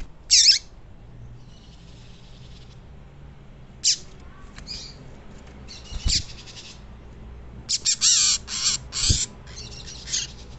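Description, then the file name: Yellow-bellied seedeater calls: short, sharp high chips and brief buzzy bursts, scattered, then a quick cluster of notes near the end, with a few low thumps. Female bird singing. "canto do papa capim femea"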